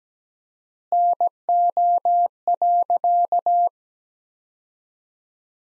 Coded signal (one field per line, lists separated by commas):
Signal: Morse code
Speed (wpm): 17 wpm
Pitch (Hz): 700 Hz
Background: none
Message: NO.